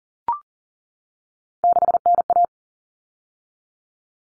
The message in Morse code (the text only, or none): 6NA